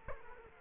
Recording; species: mosquito wingbeat signal from an infrared sensor; Culex quinquefasciatus